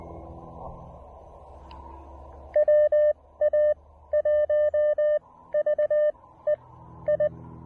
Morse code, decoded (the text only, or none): WA1VEI